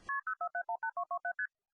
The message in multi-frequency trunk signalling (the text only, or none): KP04718227ST